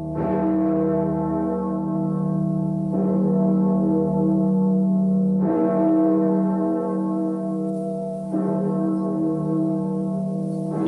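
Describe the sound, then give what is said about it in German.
A large bell tolls slowly, about four heavy, low strikes a few seconds apart, each with a rich, humming ring that overlaps into the next, ringing in the first broadcast day of the radio station Sender Freies Berlin (SFB). No voices are heard. “Die Glocke läutet den ersten Programmtag des Senders Freies Berlin ein.”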